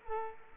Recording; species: mosquito wingbeat signal from an infrared sensor; Culex quinquefasciatus